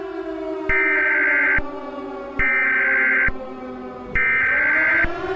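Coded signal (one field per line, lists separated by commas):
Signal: Emergency Alert System (SAME) tones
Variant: header bursts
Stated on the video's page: Simulated EAS scenario, fictional black hole alert.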